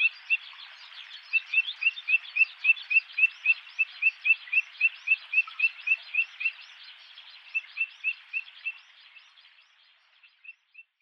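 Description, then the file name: Grey-tailed tattler giving quick repeated upslurred whistles, about four a second, for several seconds; the series thins out and stops, with a few last notes near the end. Recorded at Tatsuno on 15 May 2014. "kiashi tatsuno kuroda"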